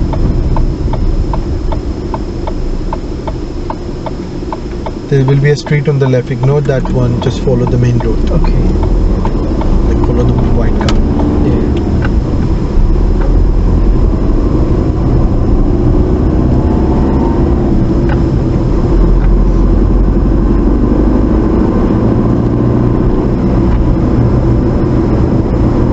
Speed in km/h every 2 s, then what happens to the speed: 6, 2, 0, 8, 18, 18, 23, 29, 34, 37, 45, 47, 45.
2-4 standing. 4-8 pulls away to 18. 11-20 speeds up to 45. 20-26 steady at about 45.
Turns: none.